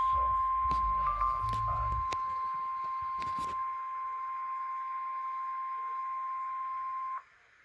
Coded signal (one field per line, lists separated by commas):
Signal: Emergency Alert System (SAME) tones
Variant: 1050 Hz attention tone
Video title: EAS Severe thunderstorm warning Detroit Michigan NOAA Weather Radio EAS#5